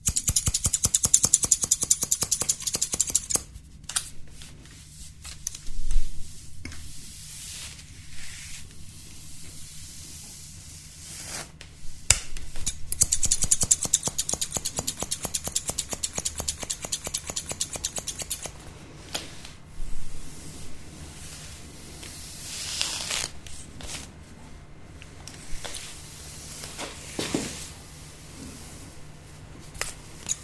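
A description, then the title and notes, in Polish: A haircut at a salon: scissors snip in quick, regular runs of crisp clicks, pausing and resuming throughout. Short bright hissy bursts come and go, and a low steady hum sits under everything. ASMR WIZYTA U FRYZJERA GWIAZD - ATELIER KAJETAN GÓRA.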